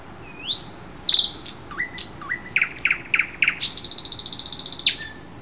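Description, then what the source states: Common nightingale song: a rising whistle, downslurred notes, then a run of loud rapid chirps and a long buzzy high trill near the end. Recorded 12 June 2008.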